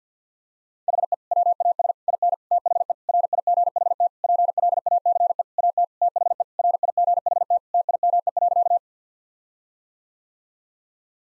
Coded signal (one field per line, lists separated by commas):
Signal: Morse code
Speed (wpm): 50 wpm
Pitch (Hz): 700 Hz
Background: none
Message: HE WAS IN THE RIGHT PLACE AT THE RIGHT TIME.